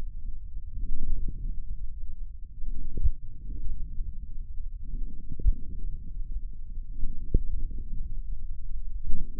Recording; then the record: forearm muscle sounds (acoustic myography)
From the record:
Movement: wrist extension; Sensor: system 1, eight BSWA MPA416 microphones around the upper forearm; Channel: 8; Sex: male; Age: 42 years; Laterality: right